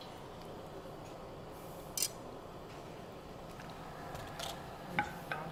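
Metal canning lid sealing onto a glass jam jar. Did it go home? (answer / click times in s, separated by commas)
yes / 2.0 s, 5.0 s, 5.3 s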